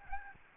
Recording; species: mosquito wingbeat signal from an infrared sensor; Aedes albopictus